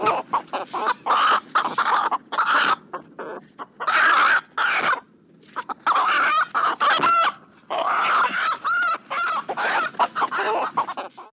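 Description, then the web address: Chickens give loud, rasping squawks and clucks in rapid, irregular bursts with brief gaps. Cockfight. "combats de coqs"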